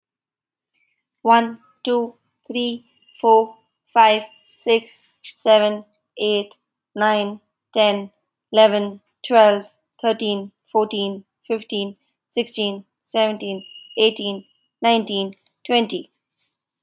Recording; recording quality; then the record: counting at a normal pace; excellent, no background noise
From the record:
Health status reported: respiratory illness, not identified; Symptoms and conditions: sore throat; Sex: female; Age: 39 years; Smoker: not ticked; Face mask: not worn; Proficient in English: yes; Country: India